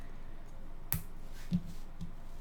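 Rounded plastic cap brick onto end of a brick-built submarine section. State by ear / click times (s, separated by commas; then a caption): seated / 0.9 s. A rounded plastic Lego cap brick is pressed onto the end of a brick-built submarine section, giving a sharp snap at 0.9 seconds as it seats. Two softer ticks follow at about 1.5 and 2.0 seconds over a low steady background.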